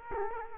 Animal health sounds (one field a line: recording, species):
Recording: mosquito wingbeat signal from an infrared sensor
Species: Culex quinquefasciatus